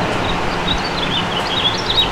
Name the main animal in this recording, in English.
House Finch